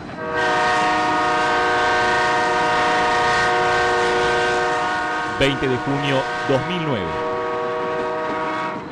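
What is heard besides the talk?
train passing with horn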